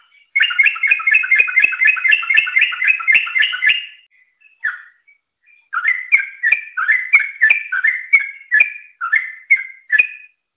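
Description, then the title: Yellow-vented bulbul song: a long rapid string of bubbly, chattering notes for about four seconds, a short pause, then looser repeated gurgling phrases. "Suara Burung Trucukan"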